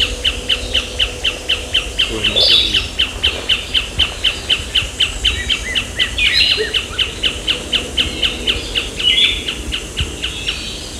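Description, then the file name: Bird calling with a fast series of sharp, downslurred notes, about four each second, steady and even, over constant background hiss and low rumble. "SABIOD 50 bird 2015"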